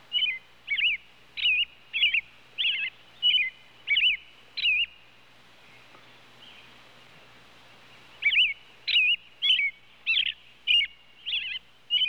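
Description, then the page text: Robin calls: short warbled, twisting high notes repeated about every half second in two bursts, separated by a few seconds of quiet. "Robin Bird Calls. Quick Sounds"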